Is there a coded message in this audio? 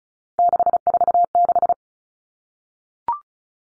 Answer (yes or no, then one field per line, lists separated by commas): yes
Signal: Morse code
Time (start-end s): 0.4-1.7 s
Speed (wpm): 34 wpm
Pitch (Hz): 700 Hz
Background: none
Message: 646